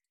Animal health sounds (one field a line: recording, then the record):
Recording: hydrophone in a shrimp aquaculture tank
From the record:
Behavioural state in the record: feeding